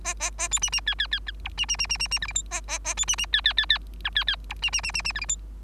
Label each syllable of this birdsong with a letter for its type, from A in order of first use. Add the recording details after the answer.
A A A B C C D D D E F C C C C C C G H I A A A B C C D D D D E D D F C C C C C G H I. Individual Bird3